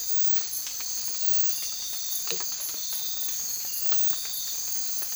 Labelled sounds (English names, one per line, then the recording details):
none
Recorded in dense forest near Puerto Asís, Putumayo, Colombia, on 19 March 2025 at 00:30
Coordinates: 0.503, -76.323
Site GP09